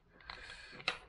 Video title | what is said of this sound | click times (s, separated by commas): Rockbros Sunglasses Review - 4 Interchangeable Lenses. How to change the lens. | click in the middle | 0.9 s